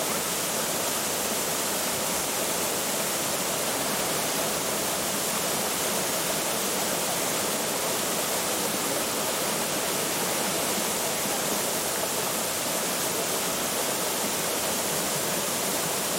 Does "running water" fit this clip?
yes